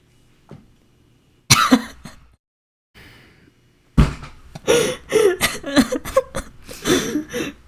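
A sudden sharp burst in a small room, a single adult sneeze, followed by further noisy bursts.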